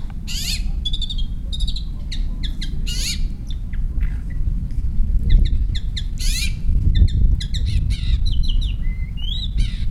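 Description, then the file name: Long-tailed shrike giving loud, grating squawks and rapid buzzy chatter, followed by a few short clearer notes near the end, above continuous low noise. "shrike-long-tailed -Lanius-schach"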